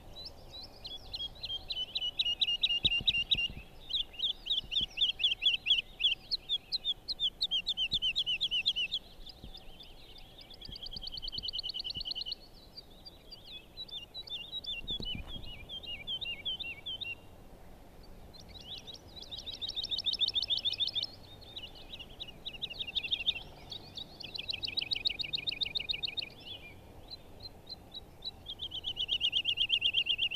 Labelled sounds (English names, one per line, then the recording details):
Wood Lark
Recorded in the wild
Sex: male
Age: adult
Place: Schönow, Naturpark Barnim, Brandenburg, DE
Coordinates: 52.693, 13.508
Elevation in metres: 70
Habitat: heath
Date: 2014-05-04
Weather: cloudy, 5°C, weak wind
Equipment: Sound Devices 702, Sennheiser MKH 70, Rycote Windschutz
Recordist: Frommolt, Karl-Heinz